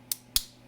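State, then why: Seated. A plastic drive gear is lined up carefully and pressed onto its mount in a CD-ROM drive mechanism. Two sharp clicks sound at 0.1 s and 0.4 s, the second louder with a low thump. The gear snaps into place and is seated.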